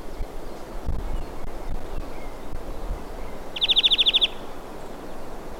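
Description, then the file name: European greenfinch trill call: one quick, even burst of rapid buzzy notes lasting under a second, over a steady low background rumble. "Chloris chloris"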